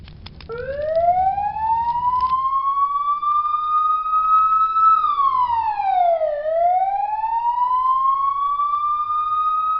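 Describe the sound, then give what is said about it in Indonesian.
A fire engine siren wails as the fire truck arrives to put out a house fire, its pitch rising slowly, then dipping and climbing back up in a long sweep. The tone is loud and continuous, with a brief rumble at the start. “Tak lama kemudian, mobil pemadam kebakaran datang.”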